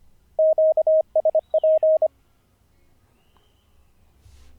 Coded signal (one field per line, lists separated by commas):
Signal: Morse code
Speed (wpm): 25 wpm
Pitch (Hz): 630 Hz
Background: radio noise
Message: QSP